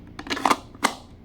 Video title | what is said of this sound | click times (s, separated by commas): (Ep673)มีดใช้งานหนัก ยาว 15 นิ้ว Dc53 ยาว 9 นิ้ว ทรงแรมโบ้ สันหนา พร้อมซองKydexลายคาร์บอน #มีดใช้งาน | เข้าล็อคเป๊ะๆนี่ | 0.5 s